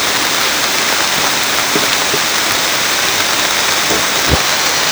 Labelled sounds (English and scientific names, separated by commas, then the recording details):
none
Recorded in secondary vegetation near Puerto Asís, Putumayo, Colombia, on 29 June 2025 at 13:00
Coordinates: 0.499, -76.323
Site G077